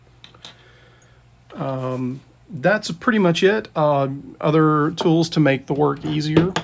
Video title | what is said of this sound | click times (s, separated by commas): T-TRAK-Z bus & feeder construction | inserted in here and there's a click there's a little piece of spring steel it'll click into place | 0.5 s